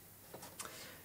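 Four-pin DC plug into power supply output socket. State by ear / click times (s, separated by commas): seated / 0.6 s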